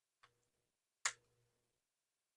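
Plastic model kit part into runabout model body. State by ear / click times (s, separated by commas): seated / 1.1 s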